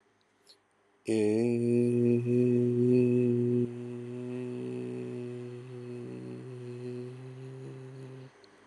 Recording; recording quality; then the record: sustained vowel as in made; excellent, no background noise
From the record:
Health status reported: healthy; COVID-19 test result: negative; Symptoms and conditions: none ticked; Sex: male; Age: 30 years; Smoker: yes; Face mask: not worn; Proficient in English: yes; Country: India